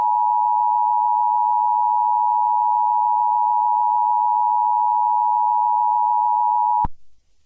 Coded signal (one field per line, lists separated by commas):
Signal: Emergency Alert System (SAME) tones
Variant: 853 and 960 Hz attention tone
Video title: EAS Scenario - The Colliders, Re-imagined (Part I)